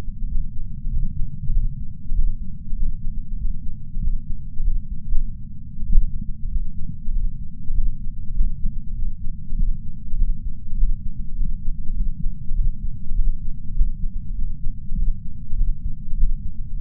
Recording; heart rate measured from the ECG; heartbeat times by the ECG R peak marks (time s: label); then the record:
heart sounds by patch sensor on the chest; 98 bpm
0.27 s: heartbeat
0.89 s: heartbeat
1.52 s: heartbeat
2.13 s: heartbeat
2.75 s: heartbeat
3.37 s: heartbeat
4.00 s: heartbeat
4.62 s: heartbeat
5.02 s: heartbeat
5.85 s: heartbeat
6.48 s: heartbeat
7.11 s: heartbeat
7.73 s: heartbeat
8.33 s: heartbeat
8.94 s: heartbeat
9.55 s: heartbeat
10.16 s: heartbeat
10.76 s: heartbeat
11.35 s: heartbeat
11.93 s: heartbeat
12.54 s: heartbeat
13.14 s: heartbeat
13.73 s: heartbeat
14.34 s: heartbeat
14.95 s: heartbeat
15.56 s: heartbeat
16.16 s: heartbeat
16.76 s: heartbeat
From the record:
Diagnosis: coronary artery disease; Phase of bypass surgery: postoperative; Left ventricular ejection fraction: 64%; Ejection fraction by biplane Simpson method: 61.7%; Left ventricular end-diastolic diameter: 46 mm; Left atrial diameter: 31 mm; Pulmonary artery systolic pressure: 30 mmHg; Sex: male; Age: 43 years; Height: 177 cm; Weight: 75 kg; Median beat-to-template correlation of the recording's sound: 0.76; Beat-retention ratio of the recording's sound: 0.99